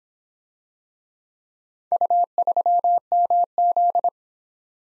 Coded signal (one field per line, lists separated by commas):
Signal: Morse code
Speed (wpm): 26 wpm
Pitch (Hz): 700 Hz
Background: none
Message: U3MZ